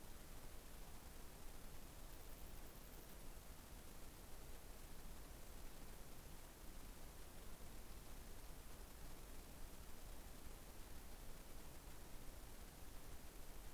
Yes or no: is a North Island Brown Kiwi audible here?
no